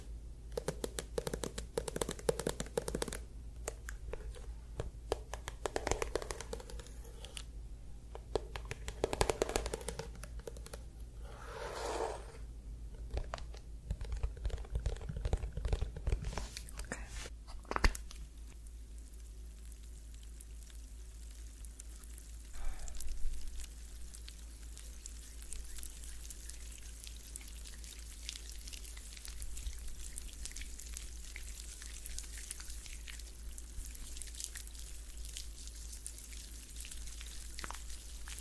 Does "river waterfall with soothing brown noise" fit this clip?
no